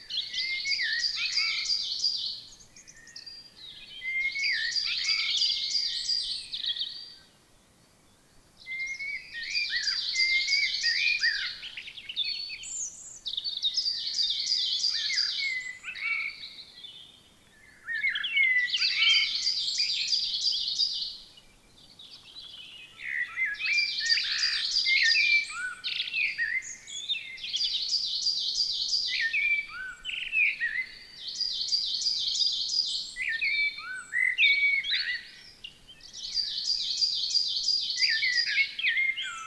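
Birdsong fills a forest, with a bird, likely the coal tit, repeating bright, rapid phrases high in pitch roughly every few seconds, separated by short pauses. Lower, warbling song, such as a blackbird's, weaves between them, and a faint steady hush lies underneath.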